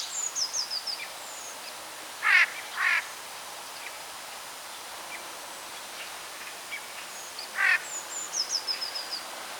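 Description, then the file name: Eurasian jay producing harsh, rasping screeches: two close together, then one more several seconds later, amid thin high twittering from small birds. "Garrulus glandarius"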